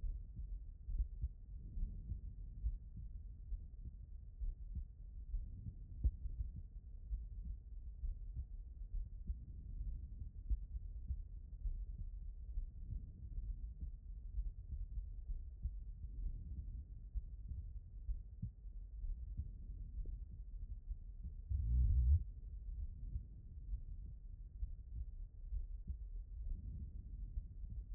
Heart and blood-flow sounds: heart sounds by stethoscope; aortic valve (AV)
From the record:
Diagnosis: non-HFrEF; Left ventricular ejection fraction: 71%

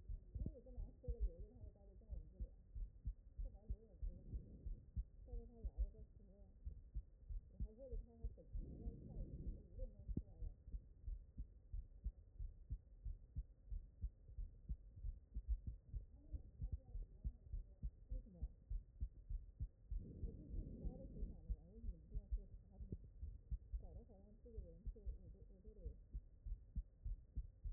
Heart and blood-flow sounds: heart sounds by stethoscope; aortic valve (AV)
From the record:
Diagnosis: non-HFrEF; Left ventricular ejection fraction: 67%

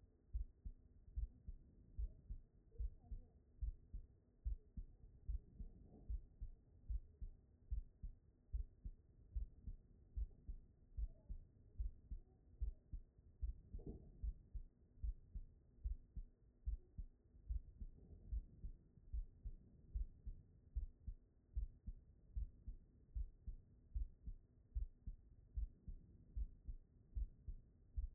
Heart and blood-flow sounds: heart sounds by stethoscope; pulmonary valve (PV)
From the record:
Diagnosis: non-HFrEF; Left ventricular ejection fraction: 75%

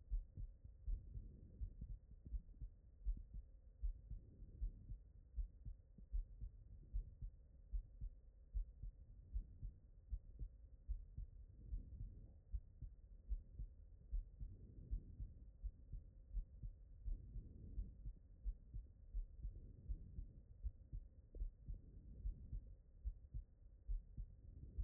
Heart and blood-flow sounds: heart sounds by stethoscope; aortic valve (AV)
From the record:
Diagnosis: non-HFrEF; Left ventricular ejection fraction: 65%

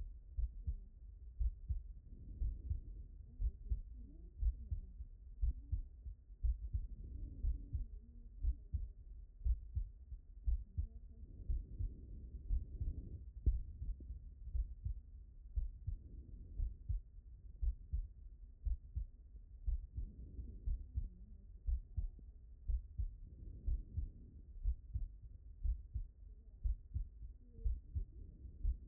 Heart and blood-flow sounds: heart sounds by stethoscope; pulmonary valve (PV)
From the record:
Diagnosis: non-HFrEF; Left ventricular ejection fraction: 66%

